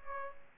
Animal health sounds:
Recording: mosquito wingbeat signal from an infrared sensor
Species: Aedes aegypti

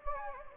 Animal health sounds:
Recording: mosquito wingbeat signal from an infrared sensor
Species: Anopheles gambiae

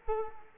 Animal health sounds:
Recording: mosquito wingbeat signal from an infrared sensor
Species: Culex quinquefasciatus

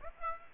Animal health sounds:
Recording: mosquito wingbeat signal from an infrared sensor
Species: Aedes aegypti

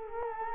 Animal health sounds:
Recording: mosquito wingbeat signal from an infrared sensor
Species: Culex quinquefasciatus

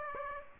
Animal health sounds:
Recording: mosquito wingbeat signal from an infrared sensor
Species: Aedes aegypti

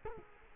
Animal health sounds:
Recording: mosquito wingbeat signal from an infrared sensor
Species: Culex quinquefasciatus

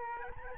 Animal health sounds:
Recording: mosquito wingbeat signal from an infrared sensor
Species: Aedes albopictus

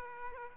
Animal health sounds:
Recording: mosquito wingbeat signal from an infrared sensor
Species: Aedes aegypti

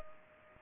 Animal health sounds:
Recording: mosquito wingbeat signal from an infrared sensor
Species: Culex pipiens

